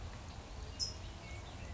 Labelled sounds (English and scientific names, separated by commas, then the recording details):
California Towhee (Melozone crissalis)
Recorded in Sonoma County, California